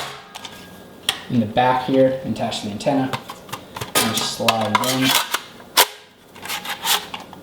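An aftermarket Sony CDXGT360MP car stereo head unit is handled at the dash, about to be slid into its metal mounting sleeve, while someone talks. Sharp knocks and clatter are heard, the loudest at about 1.1 s, with lighter taps near the end. Nothing has seated or clicked into place yet.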